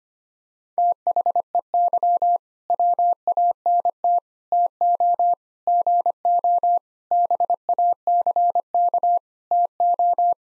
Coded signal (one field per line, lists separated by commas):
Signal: Morse code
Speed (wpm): 25 wpm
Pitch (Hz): 700 Hz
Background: none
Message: THEY WANT TO GO BACK TO